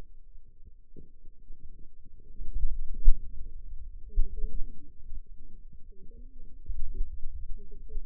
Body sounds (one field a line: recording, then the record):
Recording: forearm muscle sounds (acoustic myography)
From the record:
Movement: finger pinch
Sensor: system 2, bracelet of six BSWA MPA416 microphones around the upper forearm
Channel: 2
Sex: female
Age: 21 years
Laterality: right